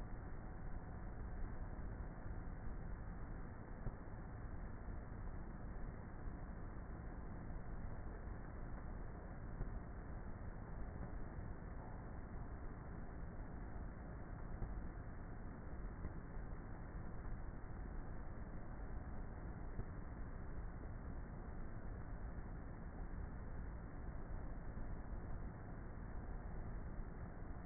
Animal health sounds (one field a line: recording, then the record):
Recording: honeybee colony, microphone inside the hive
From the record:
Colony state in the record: queenless with a low population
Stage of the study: before two queens were removed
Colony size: about 30,000 bees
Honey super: no